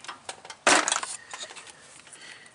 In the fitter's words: going to un click